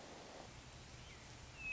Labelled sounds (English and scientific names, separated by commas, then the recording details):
Hermit Thrush (Catharus guttatus)
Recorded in Sonoma County, California